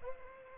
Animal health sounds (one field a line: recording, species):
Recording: mosquito wingbeat signal from an infrared sensor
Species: Culex pipiens